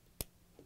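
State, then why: Seated. A camera battery, inserted with its arrow facing front, is slid into a DSLR's battery compartment and pushed until it latches. A single sharp, bright click sounds at 0.2 s, followed by a faint, softer knock near 0.6 s. The battery is seated and locked in place.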